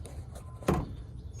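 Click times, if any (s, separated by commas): 0.7 s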